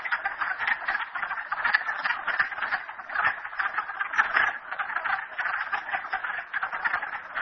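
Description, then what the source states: Frogs in full chorus, rapid rattling croaks layered densely together, pulsing in small surges. Recorded at Merryspring.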